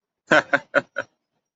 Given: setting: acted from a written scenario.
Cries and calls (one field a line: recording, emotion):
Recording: vocal sound without words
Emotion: amusement